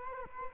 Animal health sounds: mosquito wingbeat signal from an infrared sensor; Culex quinquefasciatus

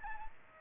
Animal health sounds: mosquito wingbeat signal from an infrared sensor; Aedes aegypti

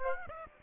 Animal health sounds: mosquito wingbeat signal from an infrared sensor; Aedes aegypti

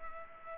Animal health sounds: mosquito wingbeat signal from an infrared sensor; Culex pipiens

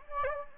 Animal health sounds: mosquito wingbeat signal from an infrared sensor; Anopheles gambiae

